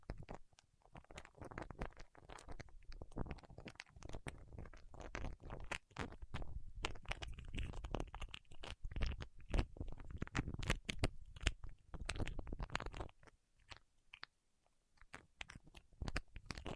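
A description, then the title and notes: Wax fingertips make a dense run of sticky, crackling clicks and soft wet crunches, irregular and rapid, with sharp snaps scattered throughout. A low murmuring rumble sits beneath most of it, and the activity thins briefly near the fourteen-second mark before picking up again. ASMR with Wax Fingertips for Sleep (No Talking).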